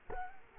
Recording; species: mosquito wingbeat signal from an infrared sensor; Culex quinquefasciatus